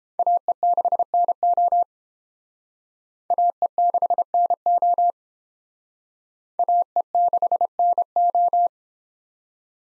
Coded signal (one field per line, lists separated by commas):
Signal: Morse code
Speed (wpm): 30 wpm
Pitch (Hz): 700 Hz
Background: none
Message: AE6NO AE6NO AE6NO